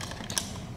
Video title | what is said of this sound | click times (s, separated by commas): MekaMon Robot - Hey Huey | put on it just clicks right into place and then to turn him on you | 0.4 s